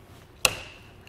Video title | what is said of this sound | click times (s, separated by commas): etrailer - Replacement Cradle Strap for Thule Helium Pro or Apex XT Bike Racks Spec Review | it through and let that part catch snaps into place | 0.5 s